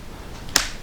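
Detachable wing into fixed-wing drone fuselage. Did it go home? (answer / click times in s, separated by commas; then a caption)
yes / 0.6 s. The second foam wing of a Parrot Disco fixed-wing drone, lined up on its carbon fiber tubes and servo groove, is pushed onto the fuselage until the locking mechanism grabs it. A soft rustle at about 0.5 s is followed by a sharp, bright click at 0.6 s, and the wing is seated.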